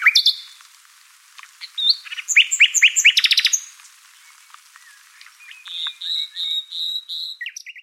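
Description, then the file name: Common nightingale song opening with a bright note, then quick repeated chirps building to a rapid trill, followed by steadier pulsed whistled notes near the end. "Luscinia megarhynchos"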